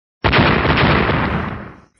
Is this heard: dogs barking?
no